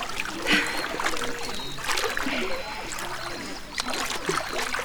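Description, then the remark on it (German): Water splashes and sloshes steadily as someone swims in warm water, with irregular bright bursts over a continuous watery churn and no voices. “Das Wasser ist noch total warm.”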